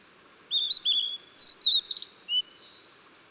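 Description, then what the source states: Blue-and-white flycatcher giving a run of sweet, slurred whistles, closing with a harsh buzzy note. Recorded 14 June 2009.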